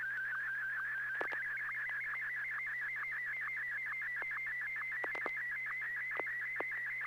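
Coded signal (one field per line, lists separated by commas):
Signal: SSTV (slow-scan television)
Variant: Martin 1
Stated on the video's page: SSTV net on the FM repeater at 441.300 MHz in Sacramento, sent with MMSSTV software.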